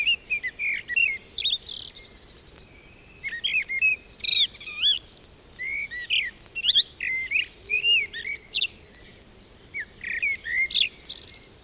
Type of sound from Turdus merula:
song